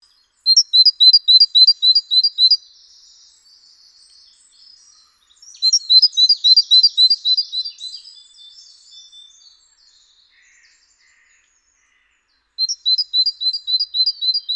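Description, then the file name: Great tit song: bright, high two-note phrases repeated rapidly in three bursts of about two seconds each, with faint thin notes between bursts. "Parus major"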